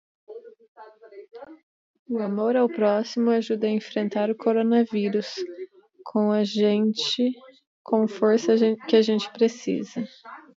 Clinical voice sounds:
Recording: spoken sentence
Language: Brazilian Portuguese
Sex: male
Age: 40 to 49 years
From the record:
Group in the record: control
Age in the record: 40 years

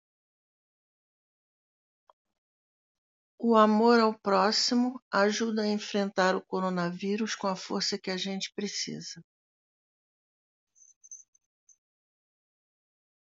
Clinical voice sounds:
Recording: spoken sentence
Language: Brazilian Portuguese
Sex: female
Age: 60 to 69 years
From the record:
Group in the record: control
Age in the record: 62 years

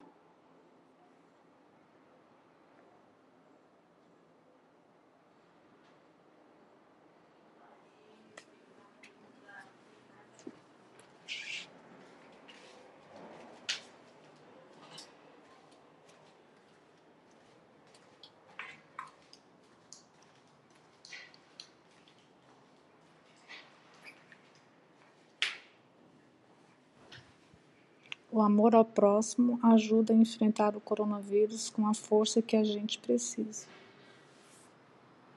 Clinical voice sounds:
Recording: spoken sentence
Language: Brazilian Portuguese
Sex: female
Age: 50 to 59 years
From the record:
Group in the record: control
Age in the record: 50 years

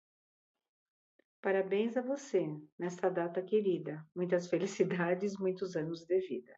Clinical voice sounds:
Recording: short text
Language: Brazilian Portuguese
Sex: female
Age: 60 to 69 years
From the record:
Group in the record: control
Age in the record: 63 years

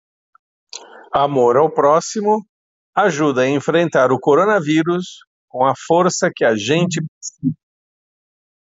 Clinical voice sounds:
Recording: spoken sentence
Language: Brazilian Portuguese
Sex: male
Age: 50 to 59 years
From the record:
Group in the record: control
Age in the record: 58 years

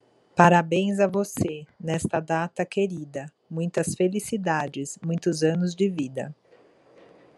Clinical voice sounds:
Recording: short text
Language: Brazilian Portuguese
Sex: female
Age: 50 to 59 years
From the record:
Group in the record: control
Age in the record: 51 years

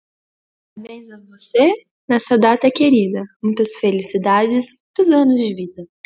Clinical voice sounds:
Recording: short text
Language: Brazilian Portuguese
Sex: male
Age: 40 to 49 years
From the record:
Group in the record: control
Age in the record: 42 years

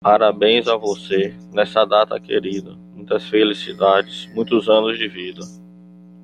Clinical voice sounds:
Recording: short text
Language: Brazilian Portuguese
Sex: male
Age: 40 to 49 years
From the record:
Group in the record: control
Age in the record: 49 years

